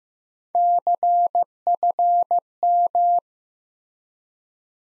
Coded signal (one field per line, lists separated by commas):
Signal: Morse code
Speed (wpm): 15 wpm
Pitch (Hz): 700 Hz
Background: none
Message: CFM